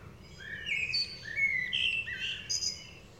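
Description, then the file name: Common blackbird singing a clear run of fluty whistled phrases, rising and falling, ending with higher squeaky twitters, over a faint low hum. "Turdus merula"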